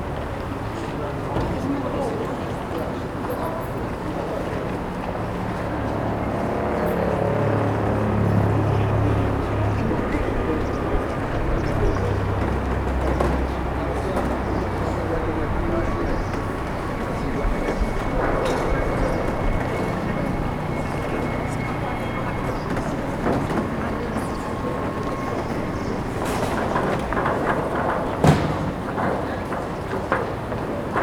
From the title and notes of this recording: Captured early in the morning as a High Street market is being set up. It is a cool morning, the ground is wet. People are beginning to enter the centre of the city, going to jobs and cafes.